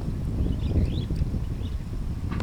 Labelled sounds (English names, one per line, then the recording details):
Superb Starling flight call
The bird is a female
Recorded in Kenya on 2 June 2010
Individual 116, of group WDB